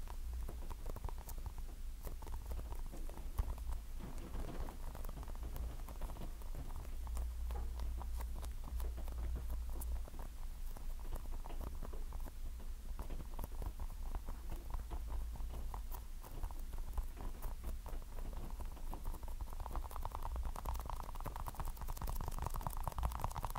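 Dense, fast tapping and scratching runs for the whole stretch, a busy patter of small clicks with no pause. A steady low hum sits underneath throughout, and the scratchy middle tones grow a little brighter toward the end.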